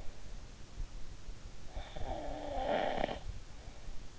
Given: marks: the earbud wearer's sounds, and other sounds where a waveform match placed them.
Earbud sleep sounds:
sounds in sleep by an in-ear microphone; snoring breath
1.52-3.70 s: snoring breath

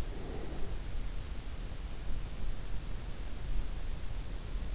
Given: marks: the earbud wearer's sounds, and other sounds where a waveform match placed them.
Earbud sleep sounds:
sounds in sleep by an in-ear microphone; breath
0.01-0.98 s: breath

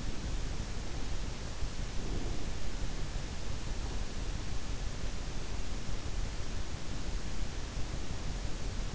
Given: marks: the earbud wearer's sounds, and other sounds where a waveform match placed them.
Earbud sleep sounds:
sounds in sleep by an in-ear microphone; breath
1.95-2.49 s: breath

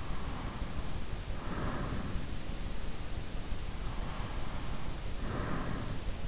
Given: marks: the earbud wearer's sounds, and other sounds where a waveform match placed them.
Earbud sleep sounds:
sounds in sleep by an in-ear microphone; breath
0.00-2.49 s: breath
3.92-6.15 s: breath

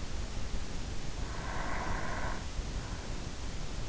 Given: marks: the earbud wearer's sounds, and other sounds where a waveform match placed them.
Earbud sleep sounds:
sounds in sleep by an in-ear microphone; breath
1.40-3.06 s: breath

